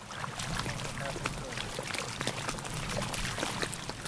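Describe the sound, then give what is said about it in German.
Water of the Nandikadal Lagoon in northern Sri Lanka laps and sloshes against the shore in a steady, continuous wash, with small irregular splashes and gurgles breaking through a soft low rumble. “Nur das Wasser schwappt ans Ufer.”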